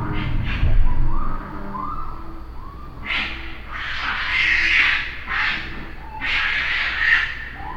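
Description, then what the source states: Raccoon sounds begin with soft low rumbles and short tonal notes, then turn into loud, rasping squeals and snarls in repeated surges. Recorded on 3 June 2009.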